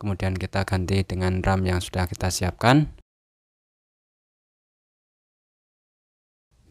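A replacement RAM stick is brought to a Lenovo IdeaPad Slim 3 laptop and lined up with its memory slot before being pushed down. Someone talks for about 3 seconds, then the clip falls silent until a faint low sound near the end. Nothing has seated or clicked yet.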